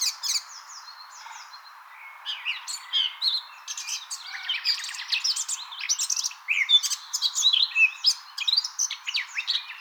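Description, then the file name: Eurasian blackcap singing a varied, jumbled warble of quick chirps and whistled phrases. "Sylvia atricapilla"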